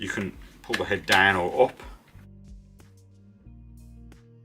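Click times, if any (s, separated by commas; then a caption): 2.8 s, 4.1 s. Someone talks over background music while the head of an Einhell 18V GE-CT 18 Li-Solo cordless lawn trimmer is pulled down or up in its angle-adjust pivot to change its angle. Sharp clicks at 2.8 s and 4.1 s mark the head's angle detent clicking into place at preset angle positions, and it is seated.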